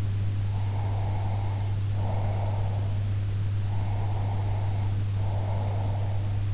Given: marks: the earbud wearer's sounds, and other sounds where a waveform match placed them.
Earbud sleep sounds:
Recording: sounds in sleep by an in-ear microphone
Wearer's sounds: breath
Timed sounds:
0.54-2.88 s: breath
3.71-6.26 s: breath

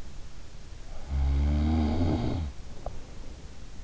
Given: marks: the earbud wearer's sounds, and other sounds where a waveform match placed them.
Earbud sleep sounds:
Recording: sounds in sleep by an in-ear microphone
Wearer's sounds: snoring breath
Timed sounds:
0.59-3.56 s: snoring breath

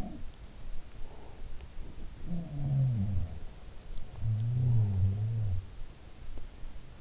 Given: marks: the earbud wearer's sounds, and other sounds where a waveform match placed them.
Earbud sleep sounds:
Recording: sounds in sleep by an in-ear microphone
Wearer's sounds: breath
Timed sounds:
0.00-0.44 s: sound from someone else or the room
0.90-1.73 s: breath
2.07-5.89 s: sound from someone else or the room

